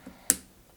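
A plastic action figure head is pushed further onto its neck peg until it seats with a sharp, bright click at 0.3 s. The click is a brief broadband snap, strongest in the high frequencies, and fades quickly. Before it there is only a faint low handling sound.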